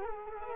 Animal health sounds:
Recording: mosquito wingbeat signal from an infrared sensor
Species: Culex quinquefasciatus

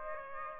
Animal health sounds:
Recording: mosquito wingbeat signal from an infrared sensor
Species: Aedes aegypti

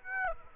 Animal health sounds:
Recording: mosquito wingbeat signal from an infrared sensor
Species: Aedes aegypti

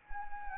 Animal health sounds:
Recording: mosquito wingbeat signal from an infrared sensor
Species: Anopheles arabiensis

